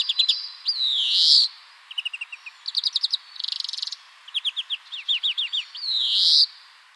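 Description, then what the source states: European greenfinch: two long nasal wheezes, with quick trilled and twittering note series between them. Spring.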